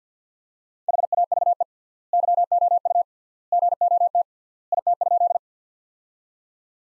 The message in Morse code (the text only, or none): HAVE YOU GOT IT?